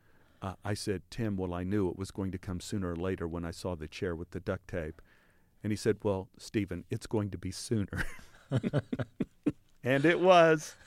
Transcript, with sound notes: I said: Tim, well, I knew it was going to come sooner or later when I saw the chair with the duct tape. And said: Well, Stephen, it's going to be sooner.
(LAUGHTER)
And it was.